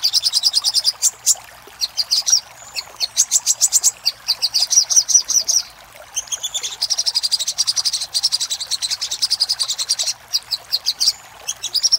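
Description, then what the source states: Little spiderhunter: long runs of rapid, high-pitched repeated notes that change speed, separated by a few brief pauses. Master recording used for training cage birds.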